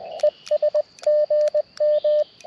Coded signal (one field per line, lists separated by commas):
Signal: Morse code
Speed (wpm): 19 wpm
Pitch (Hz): 590 Hz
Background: radio noise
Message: ES GM